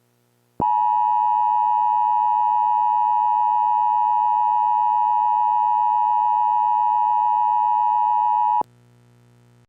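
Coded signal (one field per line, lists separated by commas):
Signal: Emergency Alert System (SAME) tones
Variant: 853 and 960 Hz attention tone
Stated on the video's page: Mock EAS scenario recreating a 1998 New York EAS test at EAS's debut, demonstrating the new system.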